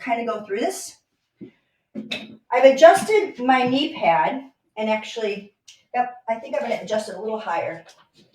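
A woman talks while handling the knee pad on an exercise machine, getting ready to raise it higher for a sissy squat by using the spring-loaded metal pop pin on the knee pad post. Only speech is heard throughout. Nothing has clicked or seated yet: the pop pin has not snapped into the next adjustment hole.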